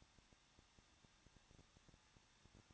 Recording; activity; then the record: daily activity, microphone in the room; no activity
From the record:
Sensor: 3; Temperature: 21.2 degrees Celsius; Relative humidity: 36.3%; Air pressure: 1006.4 hPa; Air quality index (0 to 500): 221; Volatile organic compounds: 40 ppm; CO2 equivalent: 3147 ppm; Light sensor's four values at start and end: 2/3/2/2 and 2/3/2/2